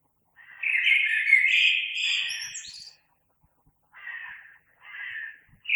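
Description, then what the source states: Common blackbird song: a full warbled phrase with a high squeaky ending, followed by short quieter notes and the start of another phrase. Recorded 3 March 2020.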